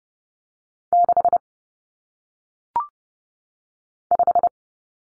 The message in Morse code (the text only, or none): 6 5